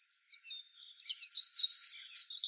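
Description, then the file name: European robin song: a few faint, thin high whistles, then a dense, rapid, sparkling twitter that runs to the end. "Erithacus rubecula"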